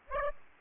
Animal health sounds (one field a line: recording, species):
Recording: mosquito wingbeat signal from an infrared sensor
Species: Aedes aegypti